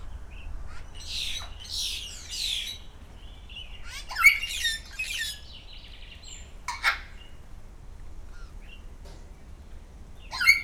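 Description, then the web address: Grey parrot giving a mix of harsh, buzzy squawks and short whistled notes, in bursts separated by pauses, over a low steady background hum. Captive bird at a zoo in Szeged, recorded in 2011; calls continuously every day. "allathangok 2011 jakopapagaj folyamatosanaprankent"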